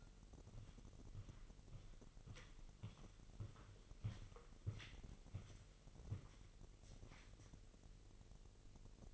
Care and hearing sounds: daily activity, microphone in the room; walk to room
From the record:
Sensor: 4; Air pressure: 1002.8 hPa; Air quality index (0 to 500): 247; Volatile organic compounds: 9 ppm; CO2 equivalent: 2195 ppm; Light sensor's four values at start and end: 13/30/12/12 and 13/29/12/12

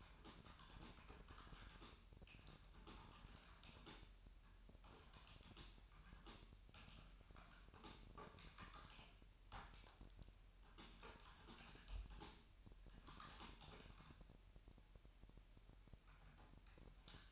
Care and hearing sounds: daily activity, microphone in the room; typing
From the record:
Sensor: 2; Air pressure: 1001.9 hPa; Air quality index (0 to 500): 248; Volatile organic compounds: 39 ppm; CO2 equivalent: 3129 ppm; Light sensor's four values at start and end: 11/36/13/14 and 11/36/13/14

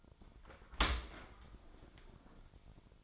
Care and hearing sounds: daily activity, microphone in the room; open dishwasher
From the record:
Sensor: 5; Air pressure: 1003.2 hPa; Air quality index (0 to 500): 128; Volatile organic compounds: 1 ppm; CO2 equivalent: 940 ppm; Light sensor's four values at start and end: 95/232/95/109 and 84/204/84/95

